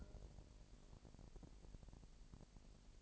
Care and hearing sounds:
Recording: daily activity, microphone in the room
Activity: take from stove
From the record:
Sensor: 5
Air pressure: 1002.1 hPa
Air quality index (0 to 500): 293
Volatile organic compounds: 28 ppm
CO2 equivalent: 2917 ppm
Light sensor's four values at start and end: 20/43/19/21 and 20/43/19/21

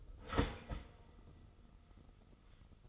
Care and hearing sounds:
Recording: daily activity, microphone in the room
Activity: start toaster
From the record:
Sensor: 4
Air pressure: 989.4 hPa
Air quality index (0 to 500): 216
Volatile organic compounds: 67 ppm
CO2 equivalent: 3486 ppm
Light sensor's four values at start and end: 24/84/31/33 and 24/85/31/33

